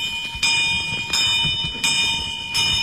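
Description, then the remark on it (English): An alarm bell rings steadily, its bright metallic tone repeating in regular strikes about every 0.7 seconds, loud and continuous with no voices present. “When the alarms broke out, Dickens and Fosterbridge were in a police van halfway to the Seven Dials.”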